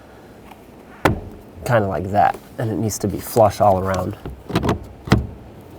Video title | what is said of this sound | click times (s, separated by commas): How to Replace Blower Motor 2009-2014 Honda Fit | there we go that just fell into place | 5.1 s